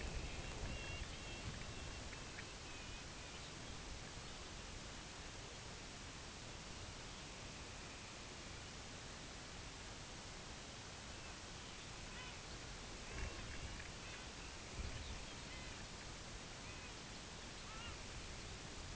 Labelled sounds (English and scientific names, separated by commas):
unidentified sound, Dunlin (Calidris alpina)